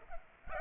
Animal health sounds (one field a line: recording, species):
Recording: mosquito wingbeat signal from an infrared sensor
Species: Culex pipiens